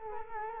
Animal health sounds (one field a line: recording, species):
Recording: mosquito wingbeat signal from an infrared sensor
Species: Culex quinquefasciatus